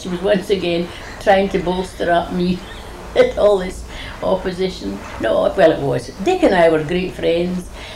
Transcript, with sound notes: She was once again trying to bolster up me, [laughs] with all this opposition. No, well, it wasn't. Dick and I were great friends.